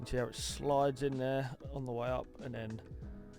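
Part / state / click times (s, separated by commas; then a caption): oak console panel on a French cleat with biscuits / not seated / none. During a dry fit, an oak console panel is slid up along the sides of a French cleat toward the biscuits at the top, while someone talks over background music. Nothing has seated or clicked yet; the clip ends before the panel locks into the biscuits.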